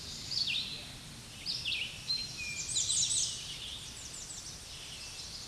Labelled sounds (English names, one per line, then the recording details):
Red-eyed Vireo song
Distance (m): 20 m
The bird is about 5 m above the microphone
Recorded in a Pennsylvania forest on 16 May 2024 at 07:46
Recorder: AudioMoth, point MSD-2305
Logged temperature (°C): 16.9 °C
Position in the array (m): 41 m, 181 m